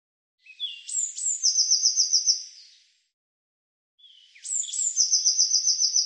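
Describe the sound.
Eurasian blue tit singing twice: high introductory notes leading into a rapid trill, the second phrase cut off at the end.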